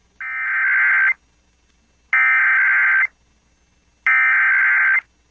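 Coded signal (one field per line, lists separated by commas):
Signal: Emergency Alert System (SAME) tones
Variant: header bursts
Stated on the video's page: Weekly and monthly EAS tests received.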